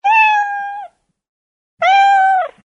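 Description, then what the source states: Cat meowing twice, each meow a clear, harmonic, steady tone that dips slightly at the end, separated by about a second of silence; no other sounds. Kitten meowing.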